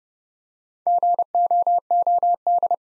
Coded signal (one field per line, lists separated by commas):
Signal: Morse code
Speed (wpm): 30 wpm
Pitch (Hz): 700 Hz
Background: none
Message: GOOD